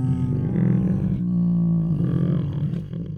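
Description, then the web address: Tiger moaning in one unbroken low, rumbling groan for the whole stretch. Two tigers making many moans, roars and snores. "Sound Ideas Tigers Sound Effects Two Tigers Make Many Moans, Roars and Snores"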